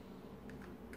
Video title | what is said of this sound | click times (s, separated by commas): How to install Eques Ding Dong Mini A19 & R21 | you hear a few click there you go okay | 0.5 s, 0.9 s